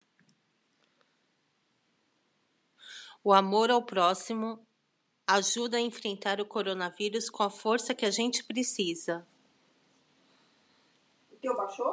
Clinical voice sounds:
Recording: spoken sentence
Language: Brazilian Portuguese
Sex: female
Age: 30 to 39 years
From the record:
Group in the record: control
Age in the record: 39 years

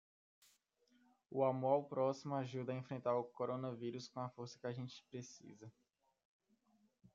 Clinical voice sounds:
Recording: spoken sentence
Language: Brazilian Portuguese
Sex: female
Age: 40 to 49 years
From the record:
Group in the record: control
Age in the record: 44 years

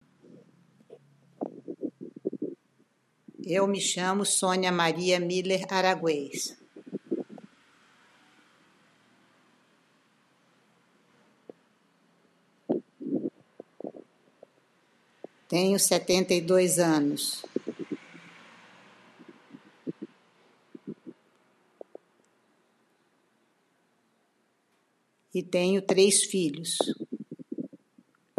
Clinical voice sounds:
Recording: spoken sentence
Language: Brazilian Portuguese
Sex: female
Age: 70 to 79 years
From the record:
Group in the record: control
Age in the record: 72 years

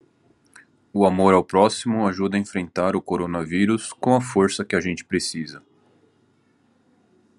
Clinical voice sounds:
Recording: spoken sentence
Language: Brazilian Portuguese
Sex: male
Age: 30 to 39 years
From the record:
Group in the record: control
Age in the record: 38 years

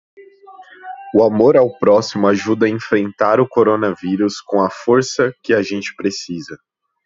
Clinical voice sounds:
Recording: spoken sentence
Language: Brazilian Portuguese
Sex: male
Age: 20 to 29 years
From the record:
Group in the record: control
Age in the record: 20 years

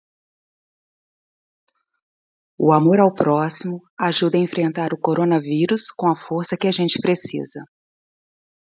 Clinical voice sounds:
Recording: spoken sentence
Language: Brazilian Portuguese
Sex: female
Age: 50 to 59 years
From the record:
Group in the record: control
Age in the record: 52 years

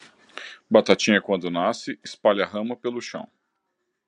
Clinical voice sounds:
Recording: short text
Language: Brazilian Portuguese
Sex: male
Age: 30 to 39 years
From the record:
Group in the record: control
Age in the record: 39 years

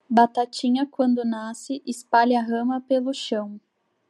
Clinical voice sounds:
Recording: short text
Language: Brazilian Portuguese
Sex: female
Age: 20 to 29 years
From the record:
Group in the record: control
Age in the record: 24 years

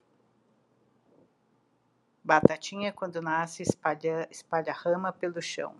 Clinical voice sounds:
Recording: short text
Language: Brazilian Portuguese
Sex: female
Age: 60 to 69 years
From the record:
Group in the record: control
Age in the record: 64 years

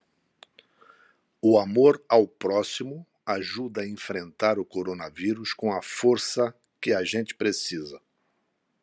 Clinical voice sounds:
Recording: spoken sentence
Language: Brazilian Portuguese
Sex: male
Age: 60 to 69 years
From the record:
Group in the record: control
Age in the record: 67 years

